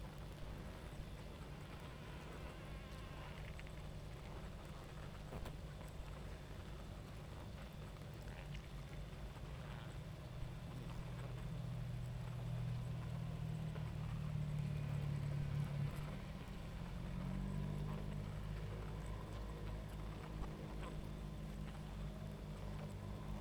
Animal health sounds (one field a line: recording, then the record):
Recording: honeybee colony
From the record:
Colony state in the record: active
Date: 28 July 2017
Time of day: 23:29